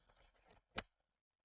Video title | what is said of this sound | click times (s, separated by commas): How I upgraded the Mattel Creations Batmobile with modifications | hear that click it's in | 0.8 s